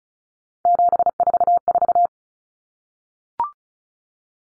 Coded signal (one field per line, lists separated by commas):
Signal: Morse code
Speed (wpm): 34 wpm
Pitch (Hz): 700 Hz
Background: none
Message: 744